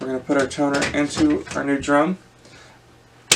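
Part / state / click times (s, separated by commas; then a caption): toner cartridge into laser printer drum unit / seated / 3.3 s. A new toner cartridge is pushed down into a new Brother HL-L2395 laser printer drum unit, which is resting on a clean, dry, flat surface. Someone talks for the first two seconds, then after a quiet stretch a sharp, loud click at 3.3 s marks the cartridge seating fully into the drum unit.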